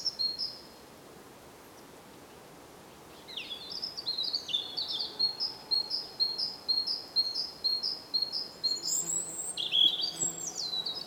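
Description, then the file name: European robin giving a brief high phrase, then after a pause a long series of thin, high repeated notes mixed with sliding fragments. "Erithacus rubecula"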